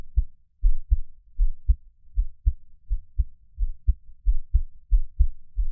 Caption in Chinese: 獻上我的心跳 | Give my Heartbeat。 NO Talking。 每月的心跳聲記錄😊 Monthly heartbeat recording😊。